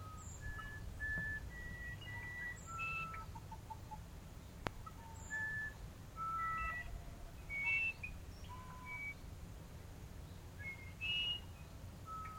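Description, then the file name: Musician wren song of many separate pure whistles, hopping up and down in pitch with brief gaps, plus a single sharp click and low background noise. "uirapuru"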